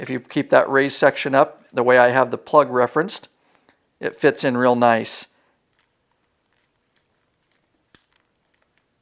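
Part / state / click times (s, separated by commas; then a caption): wire terminal into multi-pin connector housing slot / seated / 7.9 s. Someone talks while a wire terminal for a Harley 7-pin DIN music and communications kit (2014 and newer) is lined up with the raised section kept up for correct orientation and pushed into slot 12 of a motorcycle wiring connector housing. After the talking stops, a few faint ticks are followed by a short, sharp click at about 8.0 s as the terminal seats in the housing.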